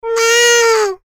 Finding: Baby crying.